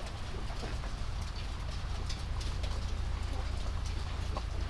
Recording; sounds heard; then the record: poultry house recording; sick chickens (respiratory disease)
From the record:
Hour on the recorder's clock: 0